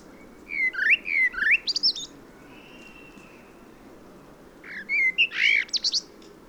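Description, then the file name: Common blackbird song: two rich fluted phrases, each closing with a high scratchy twitter, separated by a quiet gap with a faint drawn-out tone. "Turdus merula"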